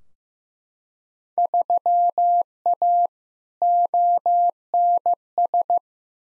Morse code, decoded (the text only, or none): 3A ONS